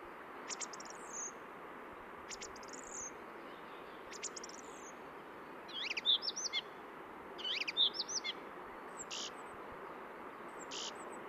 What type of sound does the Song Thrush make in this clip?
song